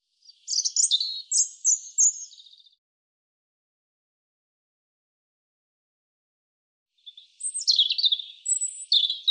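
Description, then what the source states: European robin song in two bursts several seconds apart, each a quick cascade of very high, sharp, tinkling notes; silence fills the gap between them. Audio cleaned and normalized.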